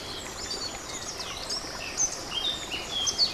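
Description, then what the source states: Warbler song, clear high whistled notes and short slurred phrases over the constant rushing of a stream. Beside a stream, dated 24 04 15; recorded on an MZ-N 710 device.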